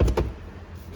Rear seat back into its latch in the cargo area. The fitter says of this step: locks in place